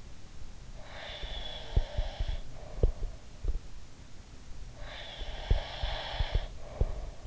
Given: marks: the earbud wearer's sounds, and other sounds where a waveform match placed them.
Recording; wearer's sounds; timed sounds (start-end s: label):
sounds in sleep by an in-ear microphone; breath
0.77-3.23 s: breath
1.19-3.58 s: sound from someone else or the room
4.75-7.26 s: breath
5.22-7.26 s: sound from someone else or the room